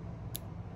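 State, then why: Seated. The battery compartment door of a small plastic Widex hearing aid is closed into the hearing aid body, and it clicks shut with a sharp, brief click at 0.4 s over a low background hum. The door is seated and locked, which keeps the battery from falling out.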